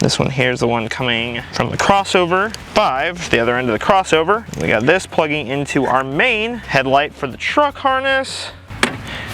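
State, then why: Seated. Someone talks while the crossover harness connector for Morimoto XB headlights is plugged into the main truck headlight harness on a Ford Bronco. A sharp click sounds at 8.8 s as the connector pin seats in place.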